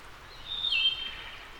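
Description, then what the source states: Wood thrush giving a single short, clear, fluted phrase that dips and rises again, with steady low hiss behind it. Returning wood thrush.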